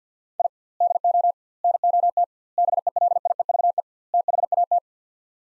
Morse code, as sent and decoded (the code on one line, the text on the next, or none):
.. / -.. --- / -. --- - / -... . .-.. .. . ...- . / - .... .- -
I DO NOT BELIEVE THAT